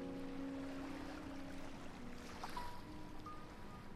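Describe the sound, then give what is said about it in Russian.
A yacht moves through waves: a steady rushing wash of water over a low, droning motor hum, with a faint thin whistle appearing near the end. No voices. “Яхта идет по волнам.”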